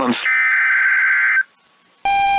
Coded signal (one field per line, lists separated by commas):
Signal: Emergency Alert System (SAME) tones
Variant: header bursts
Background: speech